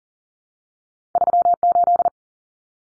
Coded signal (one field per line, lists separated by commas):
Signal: Morse code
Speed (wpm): 40 wpm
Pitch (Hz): 700 Hz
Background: none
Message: 38